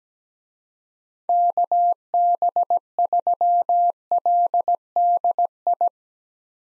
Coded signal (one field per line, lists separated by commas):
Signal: Morse code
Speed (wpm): 17 wpm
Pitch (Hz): 700 Hz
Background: none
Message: KB3LDI